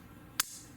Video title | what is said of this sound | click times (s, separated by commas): Cold Steel / Demko AD-15 Scorpion Lock Folder - Unboxing & Review | you can feel that lock up it snaps into place so nicely and just I mean | 0.4 s